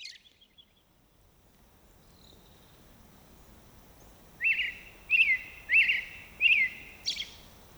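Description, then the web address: American robin singing a series of five rich, warbled whistled phrases in the second half, after a brief faint call and near silence. "soundandlightecologyteam. AMRO SP"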